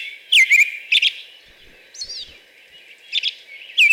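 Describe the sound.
American robin singing in scattered carol phrases, separated by short pauses, with one higher, wavering phrase midway.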